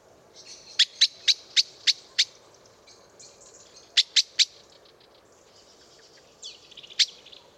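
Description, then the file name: Common blackbird calling with hard metallic chinks, a run of six, a pause, three more, then a lone chink, over faint high twittering. "Turdus merula"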